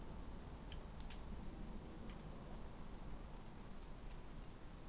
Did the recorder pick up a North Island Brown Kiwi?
no